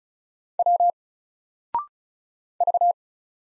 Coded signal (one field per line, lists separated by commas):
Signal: Morse code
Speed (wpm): 36 wpm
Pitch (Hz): 700 Hz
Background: none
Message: W V